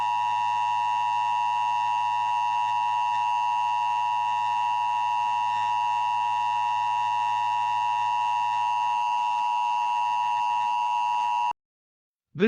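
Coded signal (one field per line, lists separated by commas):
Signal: Emergency Alert System (SAME) tones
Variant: 853 and 960 Hz attention tone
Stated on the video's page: Simulated EAS scenario based on the film Special Bulletin.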